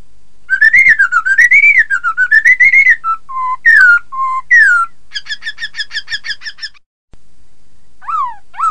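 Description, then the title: Laughingthrush singing: rolling, warbled whistles rising and falling, a few low hollow notes, a buzzy stuttering series, a short pause, then descending slurred whistles. "Suara Kicau Burung Poksay"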